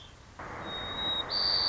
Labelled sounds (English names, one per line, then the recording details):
White-crowned Sparrow
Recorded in Sonoma County, California